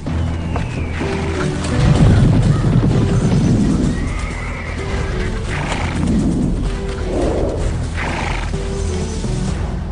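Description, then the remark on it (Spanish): A white horse whinnies and snorts several times over a steady rumble of hoofbeats, the loud, shrill neighs rising and falling in pitch as the clatter carries on without pause. “Y vi aparecer un caballo blanco.”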